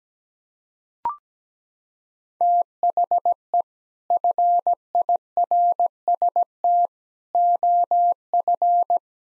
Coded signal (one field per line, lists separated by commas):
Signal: Morse code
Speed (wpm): 17 wpm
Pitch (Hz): 700 Hz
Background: none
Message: THE FIRST OF